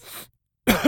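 A faint breathy sound, a brief silence, then a single loud, harsh cough burst with a rough voiced edge that cuts off abruptly. It is an acted sound effect of a sick adult man coughing.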